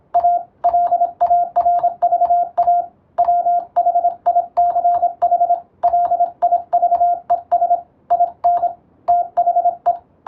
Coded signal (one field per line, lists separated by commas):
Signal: Morse code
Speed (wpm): 25 wpm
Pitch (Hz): 700 Hz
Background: radio noise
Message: A LARVA WHICH LIVES IN THE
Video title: モールス通信の国家資格「無線通信士」があります。モールスを送信、受信する実技試験が今でもあります。その練習風景です。YouTubeの再生速度を設定して聞こう！ morse code practice